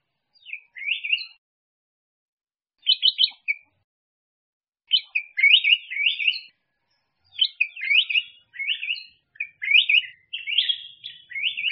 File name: Tieng chao mao vang